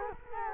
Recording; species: mosquito wingbeat signal from an infrared sensor; Culex quinquefasciatus